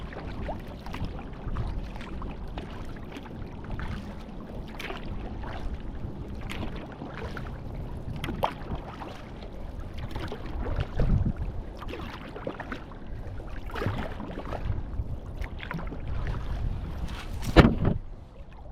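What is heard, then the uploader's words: Paddling on water, with a steady low rumble and frequent short splashes and knocks scattered throughout, roughly a few per second. The texture stays dense and busy, growing slightly louder in the second half, with a sharp loud knock near seventeen seconds. 5 Minutes of Paddling.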